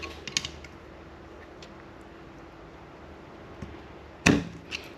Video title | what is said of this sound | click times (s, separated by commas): What Did This to My Evo 8's 16G Turbo? - The Teardown Begins! | All right, it is in. I kind of just And you can just hear it just clicked. | 4.3 s